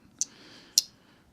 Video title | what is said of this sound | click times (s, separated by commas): TheWalk&Talk #70 - Northfield #85 - Frontier Dyed Buffalo Bone (Factory Second) | Now, you hear that snap on it. | 0.2 s, 0.8 s